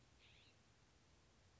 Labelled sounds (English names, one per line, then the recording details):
California Scrub-Jay
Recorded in Sonoma County, California